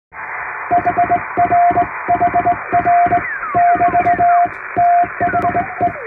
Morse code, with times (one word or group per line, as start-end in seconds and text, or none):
0.7-3.2 HRHR
3.6-4.5 <BT>
4.8-5.9 THE